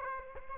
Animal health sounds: mosquito wingbeat signal from an infrared sensor; Aedes aegypti

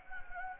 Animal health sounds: mosquito wingbeat signal from an infrared sensor; Anopheles gambiae

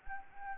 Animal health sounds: mosquito wingbeat signal from an infrared sensor; Anopheles gambiae

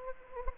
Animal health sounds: mosquito wingbeat signal from an infrared sensor; Anopheles gambiae

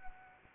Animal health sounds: mosquito wingbeat signal from an infrared sensor; Anopheles arabiensis

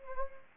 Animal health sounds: mosquito wingbeat signal from an infrared sensor; Anopheles gambiae

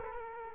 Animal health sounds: mosquito wingbeat signal from an infrared sensor; Culex quinquefasciatus

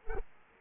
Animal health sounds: mosquito wingbeat signal from an infrared sensor; Culex quinquefasciatus

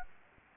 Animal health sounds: mosquito wingbeat signal from an infrared sensor; Aedes albopictus

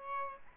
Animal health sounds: mosquito wingbeat signal from an infrared sensor; Aedes albopictus

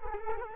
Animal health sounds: mosquito wingbeat signal from an infrared sensor; Culex quinquefasciatus

